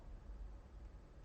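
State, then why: Not seated. A rubber O-ring clip is fitted over its bite alarm mount and lined up before being pulled to snap into place. Only a quiet, steady low rumble and faint handling noise are heard across the 1.3 seconds, with no talk. Nothing has seated or clicked yet.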